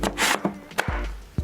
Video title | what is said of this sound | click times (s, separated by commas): PRISM+ Aura Smart Air Purifier - Unboxing, Setup, & App Review | you should hear the click | 0.8 s